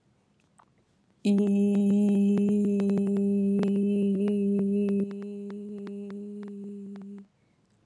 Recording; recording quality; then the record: sustained vowel as in beet; excellent, no background noise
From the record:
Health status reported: COVID-19 positive, mild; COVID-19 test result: positive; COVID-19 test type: rapid antigen test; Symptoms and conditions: cough, sore throat, fever, fatigue, muscle pain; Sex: female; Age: 25 years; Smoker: no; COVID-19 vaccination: both doses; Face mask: not worn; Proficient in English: yes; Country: India